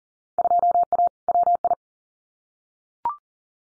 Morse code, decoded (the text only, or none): 2A WI